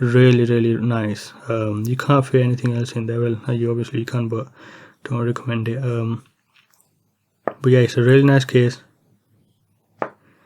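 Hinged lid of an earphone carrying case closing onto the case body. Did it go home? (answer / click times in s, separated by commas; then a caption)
yes / 10.0 s. Someone talks while handling the earphone carrying case for TinHifi P1 planar magnetic in-ear monitors, and a brief sharp sound is heard at about 7.5 s. The hinged lid then closes onto the case body and snaps shut with a single sharp click at 10.0 s, confirming the lid is seated.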